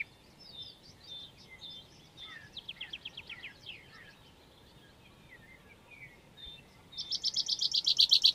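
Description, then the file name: Common chaffinch delivering a loud, rapid trill of repeated high notes in the closing seconds, preceded by softer twittering over a steady background hiss. "Fringilla coelebs"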